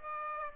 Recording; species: mosquito wingbeat signal from an infrared sensor; Aedes aegypti